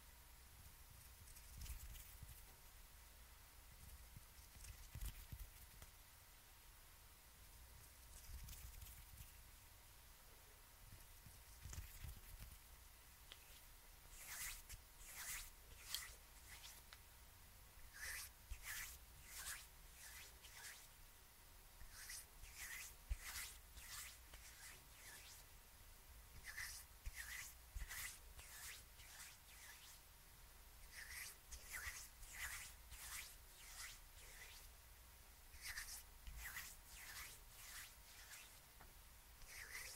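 Scissors snip in quick, crisp bursts, starting sparsely and becoming dense and steady from about fourteen seconds on, each cut a sharp bright click. Earlier, quieter hand movements bring a few soft low thumps over a faint constant hum.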